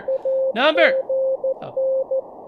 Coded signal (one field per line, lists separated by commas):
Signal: Morse code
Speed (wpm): 14 wpm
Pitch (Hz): 530 Hz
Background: speech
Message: AGN